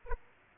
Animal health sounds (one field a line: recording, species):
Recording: mosquito wingbeat signal from an infrared sensor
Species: Aedes aegypti